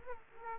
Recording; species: mosquito wingbeat signal from an infrared sensor; Aedes aegypti